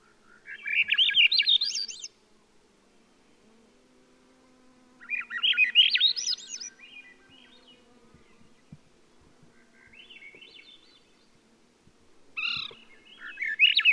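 Swainson's Thrush song: repeated phrases of fluty notes that swirl upward in pitch, separated by pauses, with a fainter phrase between.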